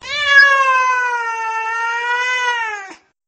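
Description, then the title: Cat giving one long, drawn-out meow lasting nearly three seconds, steady and slightly wavering, ending with an abrupt drop in pitch. Owner's own pet cat. "kucingku"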